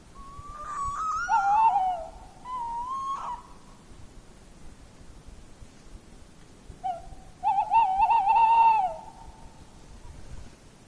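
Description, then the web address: Tawny owl hooting: a drawn-out first hoot, a short note, then after a pause a long, wavering, quavering hoot. "linnut lehtopollo"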